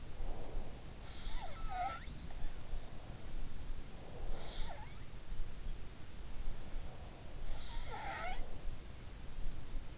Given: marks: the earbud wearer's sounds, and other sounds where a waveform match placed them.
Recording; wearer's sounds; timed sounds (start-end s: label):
sounds in sleep by an in-ear microphone; breath
0.00-0.81 s: breath
1.09-2.72 s: sound from someone else or the room
4.09-5.13 s: sound from someone else or the room
7.46-8.81 s: sound from someone else or the room